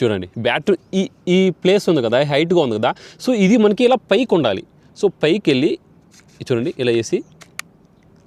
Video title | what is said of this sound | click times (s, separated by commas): Dji drone unboxing - Dji mini2 se drone - Dji mini 2 drone review - Dji drone | అలా వేసినప్పుడు కూడా మనకి lock వస్తుంది ఓకేనా టిక్ | 7.6 s